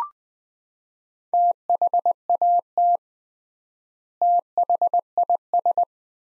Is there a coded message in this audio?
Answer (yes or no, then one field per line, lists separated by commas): yes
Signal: Morse code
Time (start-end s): 1.3-5.8 s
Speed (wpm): 20 wpm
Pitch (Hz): 700 Hz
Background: none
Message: THAT THIS